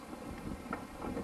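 A fan wire's spade connector is being handled as it is pushed toward the next terminal spot inside a Lincoln 140 welder. A steady low rumbling noise runs through the clip, with a brief louder bump at about 0.7 s. Nothing has seated or clicked yet.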